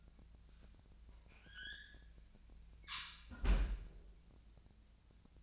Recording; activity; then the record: daily activity, microphone in the room; close fridge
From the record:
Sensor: 2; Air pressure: 1009.5 hPa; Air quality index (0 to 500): 185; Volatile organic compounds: 11 ppm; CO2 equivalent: 2304 ppm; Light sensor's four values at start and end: 25/60/26/28 and 24/59/26/28